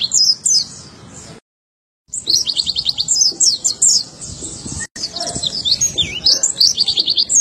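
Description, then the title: White-eye delivering quick, high-pitched twittering phrases with rapid trilled notes, broken by short silent gaps. "Pleci"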